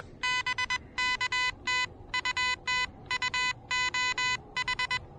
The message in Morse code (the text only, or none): BK TU TU OH